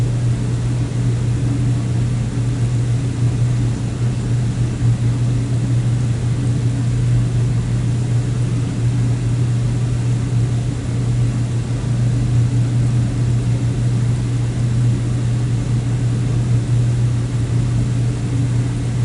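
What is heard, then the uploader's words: Jets churn air underwater over a steady, deep motor hum that never lets up. A dense, even wash of gushing water and bubbling sits on top, with fine crackling texture but no distinct separate pops, and the level stays constant throughout. J - Jacuzzi Suite. The relaxing sounds of the jet streams gushing air underwater. The calming white noise hum of the churning motor.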